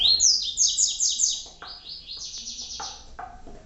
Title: Canto Coleiro